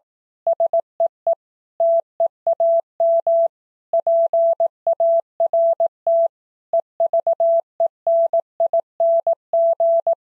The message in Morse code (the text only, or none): SEE TEAM PART EVENING